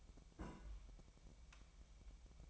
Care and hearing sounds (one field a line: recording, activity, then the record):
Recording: daily activity, microphone in the room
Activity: place on stove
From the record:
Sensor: 1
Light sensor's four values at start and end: 6/13/5/6 and 6/13/5/6